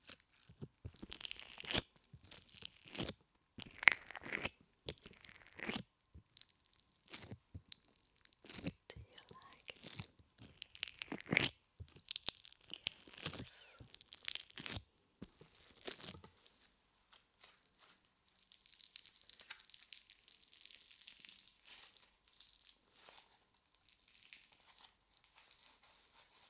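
Play foam is squished and pulled, giving dense, irregular sticky crackles and snaps several times a second for about sixteen seconds. After a short pause, a softer, thinner fizzing crinkle runs quietly to the end.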